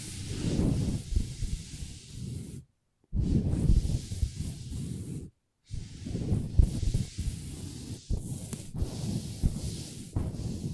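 Long nails tap and scratch across a tabletop in dense, rapid bursts of low knocking mixed with a dry, hissy scrape. The activity runs nearly continuously, broken by two short silences around 2.5 and 5 seconds, with a few brief gaps later.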